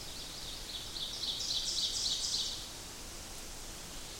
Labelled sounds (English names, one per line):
Ovenbird song